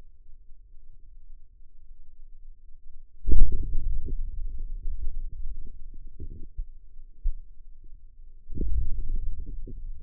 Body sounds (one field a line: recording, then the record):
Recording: forearm muscle sounds (acoustic myography)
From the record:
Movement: hand opening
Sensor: system 2, bracelet of six BSWA MPA416 microphones around the upper forearm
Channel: 6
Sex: male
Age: 22 years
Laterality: right